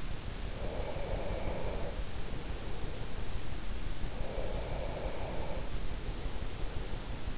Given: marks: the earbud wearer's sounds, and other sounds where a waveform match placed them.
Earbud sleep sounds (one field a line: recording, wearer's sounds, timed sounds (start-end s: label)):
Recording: sounds in sleep by an in-ear microphone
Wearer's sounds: breath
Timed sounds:
0.53-3.25 s: breath
4.02-7.38 s: breath